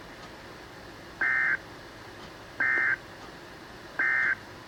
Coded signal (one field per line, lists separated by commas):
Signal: Emergency Alert System (SAME) tones